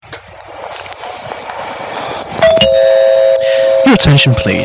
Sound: with airport noises